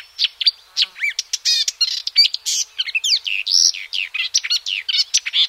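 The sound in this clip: Marsh warbler singing a rapid, chattering stream of mixed notes: sharp chips, rising and falling whistles and brief buzzy trills, constantly changing.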